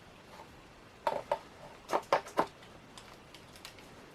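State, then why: Not seated. A SENA 50S motorcycle communication headset's main unit is handled as it is slid toward its mounting bracket on the helmet. Short, sharp plastic-free taps and rattles land at about 1.1, 1.3, 1.9, 2.1 and 2.4 seconds over a quiet background, followed by faint light ticks. The unit has not yet latched onto the bracket, and nothing has seated or clicked home by the end of the clip.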